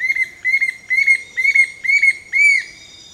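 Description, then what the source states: Bright-rumped Attila calling: six loud, ringing, arched whistled notes repeated about every half second, each slightly rising then falling, over a quiet background. Calls from a perch hidden deep in the canopy of tropical lowland forest near the Caribbean, Costa Rica, on a winter morning at sunrise; repeats its maniacal phrases until well after sunrise.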